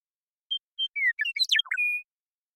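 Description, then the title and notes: Western meadowlark song: a pair of pure whistles followed by a tumbling, bubbly warble of descending notes and a final sustained whistled tone. Song, contact calls and flush; Pacific Northwest, Washington, United States. "Western Meadowlark, Sturnella neglecta, song, contact calls, and flush, family: Troupials and Allies Pacific Northwest in Washington, United States"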